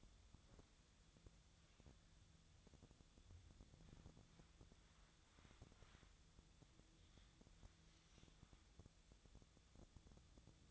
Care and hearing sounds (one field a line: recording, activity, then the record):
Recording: daily activity, microphone in the room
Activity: wipe stove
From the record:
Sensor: 3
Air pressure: 1004.8 hPa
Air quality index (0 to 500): 76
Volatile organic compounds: 2 ppm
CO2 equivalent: 1149 ppm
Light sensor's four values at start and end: 8/19/7/7 and 8/19/7/7